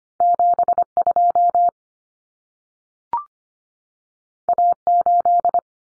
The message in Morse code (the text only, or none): 72 A8